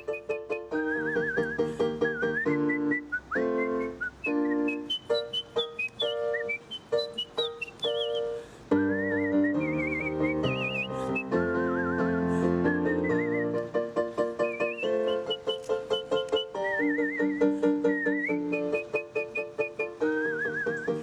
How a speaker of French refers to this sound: Et donc, avec les réseaux sociaux, si vous arrivez à échapper à l'apprenti Reine de la Nuit, celui qui sifflote ou celle qui sifflote, je ne me souviens plus, là, la Reine de la Nuit, voilà, c'est que vous avez de la chance.